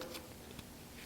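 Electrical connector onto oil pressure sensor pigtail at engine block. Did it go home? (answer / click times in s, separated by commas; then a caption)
no / none. A plastic electrical connector is slid over the oil pressure sensor pigtail lead at the engine block of a Chrysler FWD 3.2/3.6 engine and pushed on by hand. Only faint handling ticks and light rustling are heard, with a brief soft tap at the very start. Nothing has seated or clicked yet.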